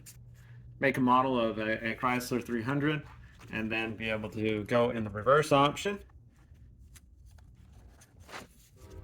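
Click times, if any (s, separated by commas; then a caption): none. Someone talks for the first six seconds while handling a new license plate (tag) light for a 2015 Chrysler 300 (2011–2023 model range) at its connector/housing on the car's rear trim. After that, quiet handling noises follow, with a faint sharp tick around 7.4 seconds. The light has not seated or clicked into place yet.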